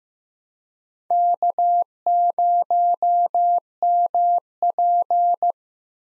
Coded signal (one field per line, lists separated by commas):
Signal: Morse code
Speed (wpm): 15 wpm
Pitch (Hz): 700 Hz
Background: none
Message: K0MP